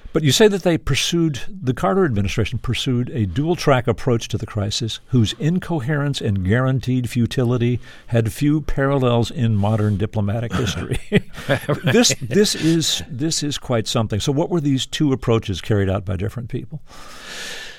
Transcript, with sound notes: But you say that they pursued - the Carter administration pursued a dual track approach to the crisis whose incoherence and guaranteed futility had few parallels in modern diplomatic history.
(Laughter) Right.
This is quite something. So what were these two approaches carried out by different people?